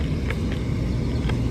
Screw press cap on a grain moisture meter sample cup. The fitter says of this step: spin it around until it clicks. So